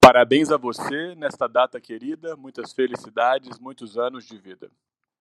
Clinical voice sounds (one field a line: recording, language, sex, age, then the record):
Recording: short text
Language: Brazilian Portuguese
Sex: male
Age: 30 to 39 years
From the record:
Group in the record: control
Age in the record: 35 years